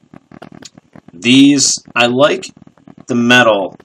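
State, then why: Seated. I-Venstar wireless Bluetooth headphones have their folded ear cups swung out on the hinges into the headband arms, with a few small clicks and taps. The fold hinge snaps into the open position at 0.7 s, and then someone talks.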